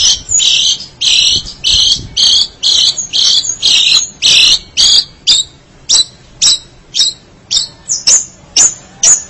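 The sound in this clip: Shrike song made of loud harsh rasping notes repeated about twice a second, becoming shorter and more spaced toward the end.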